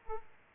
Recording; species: mosquito wingbeat signal from an infrared sensor; Aedes aegypti